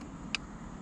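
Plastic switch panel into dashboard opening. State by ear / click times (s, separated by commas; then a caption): partly seated / 0.3 s. A plastic fog light switch panel on a 2014 Nissan is pressed back into its dashboard opening by reaching behind the dash. A single short, sharp click at 0.3 s stands out over a steady low background hum. Only one of the panel's two clips snaps in, so the panel is only partly seated.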